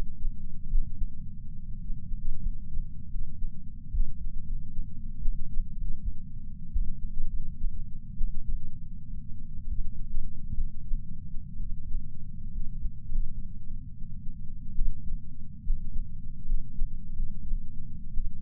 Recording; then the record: heart sounds by patch sensor on the chest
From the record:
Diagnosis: coronary artery disease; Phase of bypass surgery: postoperative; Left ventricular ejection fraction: 41.5%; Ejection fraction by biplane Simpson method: 34.6%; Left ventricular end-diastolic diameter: 67 mm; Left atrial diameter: 53 mm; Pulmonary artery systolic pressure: 24 mmHg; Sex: male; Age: 61 years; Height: 174 cm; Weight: 80 kg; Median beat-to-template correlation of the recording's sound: 0.54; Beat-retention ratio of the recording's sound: 0.99